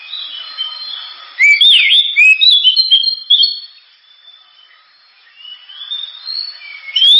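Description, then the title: Oriental magpie-robin song, loud varied whistles and sweeping chirps in a rapid burst, then a quieter pause with soft warbling before a sharp phrase at the end. Sharp, very loud 'gacor' (constantly singing) kacer song, suited as 'pancingan', a lure to prompt other birds to sing. "Kacer Gacor Suara Tajam. Kacer Gacor Suara Super Kenceng Cocok untuk Pancingan"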